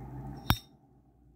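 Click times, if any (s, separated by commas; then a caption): 0.5 s. The hinged sterling silver lid of a Zippo 1941 Replica lighter, model 96328, with a four-barrel hinge and 14-hole chimney, is flipped closed onto the case. A soft low background is broken at 0.5 s by a single sharp, bright metallic click with a brief high ring that fades by about 0.7 s. The lid snaps shut with a clean, nice click.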